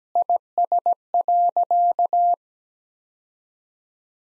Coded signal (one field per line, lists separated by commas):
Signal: Morse code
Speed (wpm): 17 wpm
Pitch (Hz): 700 Hz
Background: none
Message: IS.